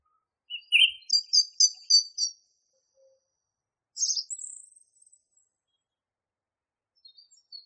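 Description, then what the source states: Song thrush song: a lower note, then a quick series of repeated high notes, a harsh burst sliding into a thin whistle, then quiet faint notes. Masteran (tutor) song used for training songbirds.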